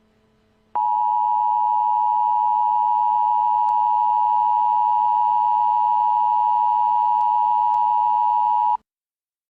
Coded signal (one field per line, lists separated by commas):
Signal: Emergency Alert System (SAME) tones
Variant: 853 and 960 Hz attention tone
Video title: EAS Scenario:The Minions